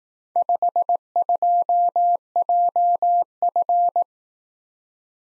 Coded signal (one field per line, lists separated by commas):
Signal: Morse code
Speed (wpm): 18 wpm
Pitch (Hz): 700 Hz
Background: none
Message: 52JF